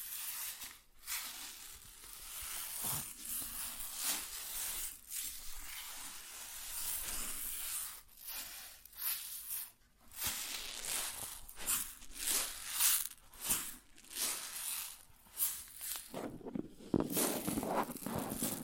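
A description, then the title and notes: Grain rustles and pours in dense, bright hissing bursts that swell and fade irregularly, roughly once a second, growing busier toward the end. ASMR Grain Sounds (No Talking).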